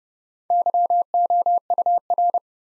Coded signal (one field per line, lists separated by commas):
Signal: Morse code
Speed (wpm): 30 wpm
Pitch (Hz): 700 Hz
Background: none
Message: YOUR